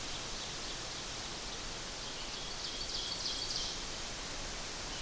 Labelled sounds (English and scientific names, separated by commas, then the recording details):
Ovenbird (Seiurus aurocapilla) song
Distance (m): 35 m
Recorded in boreal forest in Alberta, Canada, on 8 June 2016 at 05:51
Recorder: SongMeter 3, array SBT-3-9
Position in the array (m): 108 m, 104 m
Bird 34